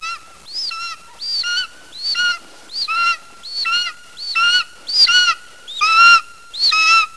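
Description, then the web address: Golden eagle calling, a series of loud yelping notes that sweep sharply down at the start, repeated roughly once a second with brief quiet gaps between. "roptorlady Goldens"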